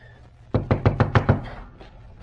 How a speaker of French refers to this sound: Alors, je rentre chez moi et tu frappes à ma porte.